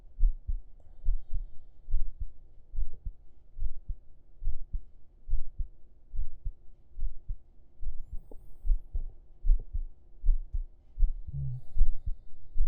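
Steady, muffled low thumps at about 75 a minute with a faint hum: an adult's heartbeat heard with the ear laid on the chest under the shirt.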